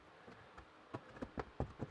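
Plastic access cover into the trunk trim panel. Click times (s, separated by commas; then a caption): 1.4 s, 1.6 s. A plastic porthole access cover in the trunk trim panel over the battery and fuse area of a 2016+ sixth-generation Chevrolet Camaro is pushed back in. Light plastic taps at about 0.6, 1.0 and 1.2 seconds lead to two sharper snaps at 1.4 and 1.6 seconds, followed by a softer tap near 1.8 seconds. The cover snaps into place and is seated.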